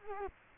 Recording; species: mosquito wingbeat signal from an infrared sensor; Culex quinquefasciatus